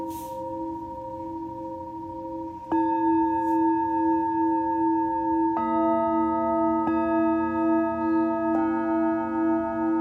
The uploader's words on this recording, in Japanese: メキシコから シンギングボウルのサウンドヒーリング ライブ。